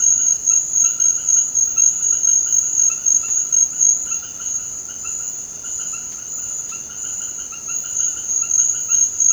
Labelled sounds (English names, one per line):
none